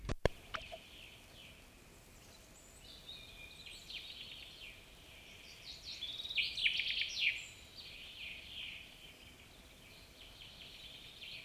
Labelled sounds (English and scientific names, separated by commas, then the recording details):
Common Chaffinch (Fringilla coelebs) song
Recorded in the wild
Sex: male
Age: adult
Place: Altenbeken, Eggegebirge, Nordrhein-Westfalen, DE
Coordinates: 51.7842, 8.96417
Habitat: mountain ridge
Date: 1965-06-20
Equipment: Uher 4000 Report-S, Bändchenmikro Beyer M 260, Parabolspiegel Polyester (470 mm)
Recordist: Conrads, Klaus
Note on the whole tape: Eggegebirgskamm bei Altenbeken, Schwarzes Kreuz. Männchen (Schwarzes Kreuz 1): Gesang, (Egge-)Sänger